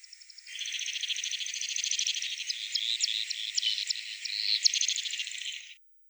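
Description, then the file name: Pechora pipit song: a long, continuous buzzing rattle of about five seconds, dense and insect-like, with sharper ticking notes interspersed toward the end. "konek sibirskiy golos"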